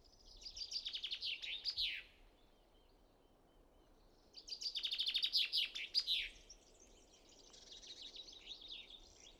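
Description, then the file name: Common chaffinch singing: two full descending trills with end flourishes, roughly four seconds apart, followed by a fainter third phrase, over low steady background hiss. "Fringilla coelebs"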